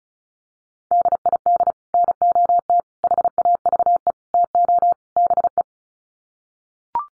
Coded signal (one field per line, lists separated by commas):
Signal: Morse code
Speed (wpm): 34 wpm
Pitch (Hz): 700 Hz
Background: none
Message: DID NOT HAVE TO BE